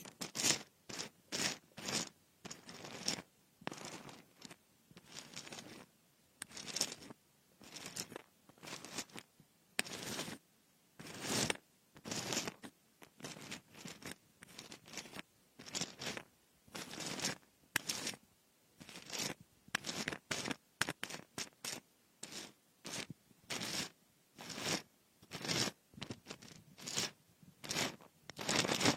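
Frosted bath ball ear picking: a steady run of short, bright scratching strokes, each lasting well under a second, repeating about twice a second for the whole stretch. The strokes are crisp and rasping, with near silence between them and little low sound.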